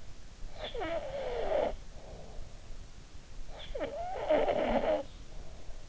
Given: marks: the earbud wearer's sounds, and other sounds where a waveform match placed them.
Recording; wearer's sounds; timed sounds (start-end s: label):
sounds in sleep by an in-ear microphone; snoring breath
0.28-2.95 s: snoring breath
3.30-5.87 s: snoring breath